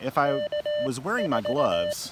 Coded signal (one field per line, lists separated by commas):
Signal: Morse code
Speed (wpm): 18 wpm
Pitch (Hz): 3000 Hz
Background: speech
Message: K4